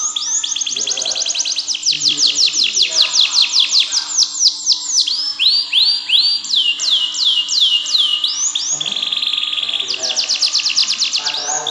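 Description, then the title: Canary song in varied sections: quick rattling trills, slower sweeping notes, a buzzy stretch, then another fast trill, continuous and high-pitched. "Ini Baru Kenari!"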